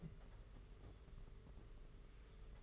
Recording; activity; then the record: daily activity, microphone in the room; take from stove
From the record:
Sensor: 4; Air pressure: 991.9 hPa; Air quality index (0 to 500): 85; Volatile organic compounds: 6 ppm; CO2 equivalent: 1946 ppm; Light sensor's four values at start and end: 22/75/27/29 and 21/75/27/29